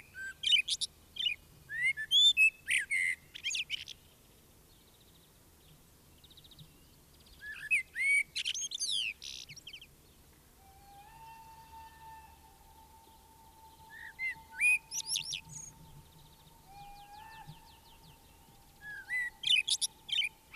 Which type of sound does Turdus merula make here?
song